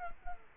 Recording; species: mosquito wingbeat signal from an infrared sensor; Culex quinquefasciatus